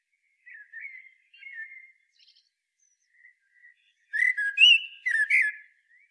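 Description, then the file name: Common blackbird: quiet low warbling notes at first, then a louder burst of fluted whistles mixed with high twittering toward the end. "Turdus merula"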